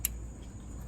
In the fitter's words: I heard it click.